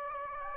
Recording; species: mosquito wingbeat signal from an infrared sensor; Aedes aegypti